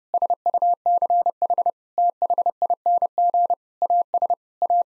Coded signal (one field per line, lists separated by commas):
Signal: Morse code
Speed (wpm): 29 wpm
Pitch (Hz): 700 Hz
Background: none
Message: SUCH THING AS A